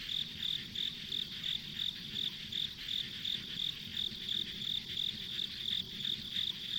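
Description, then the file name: Rhythmic chirping of insects, pulses coming about three times a second over an unbroken high drone and faint low background noise. Ambient insect sounds on a rural country road. "田舎道の虫の環境音"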